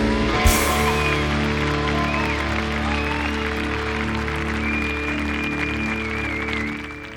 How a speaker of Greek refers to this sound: Άξιζε το χειροκρότημα, νομίζω.